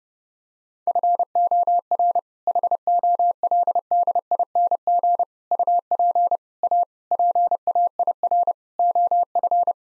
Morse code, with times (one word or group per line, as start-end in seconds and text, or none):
0.9-2.2 FOR
2.5-5.2 HOLDING
5.5-6.4 UP
6.6-6.8 A
7.1-8.5 PAIR
8.8-9.7 OF